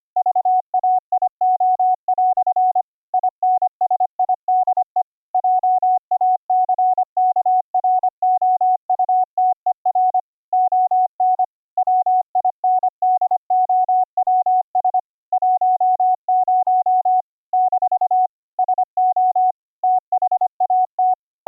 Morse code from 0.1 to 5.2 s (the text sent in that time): VAIO" INSIDE